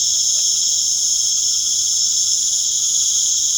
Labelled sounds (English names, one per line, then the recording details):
none
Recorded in pastures near Puerto Asís, Putumayo, Colombia, on 30 June 2025 at 19:00
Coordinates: 0.497, -76.327
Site G040